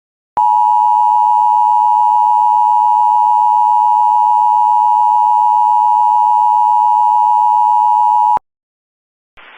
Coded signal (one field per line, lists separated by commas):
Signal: Emergency Alert System (SAME) tones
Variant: 853 and 960 Hz attention tone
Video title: SVR for parts of Texas (EAS #119)